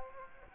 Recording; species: mosquito wingbeat signal from an infrared sensor; Aedes aegypti